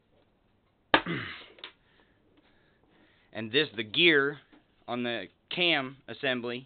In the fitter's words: I'm gonna go ahead and just that just snaps right in and I'm